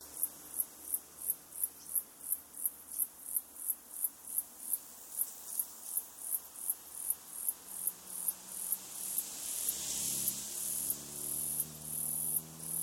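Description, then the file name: Cicada calling: a long series of rhythmic, high buzzing pulses that swell into a louder, more continuous sound toward the end. Australia. "INSECT AUS CICADA"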